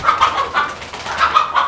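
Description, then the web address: Chicken clucking, a run of quick clucks in two bursts. Hen. "GEOGRAFIA. GALINHA"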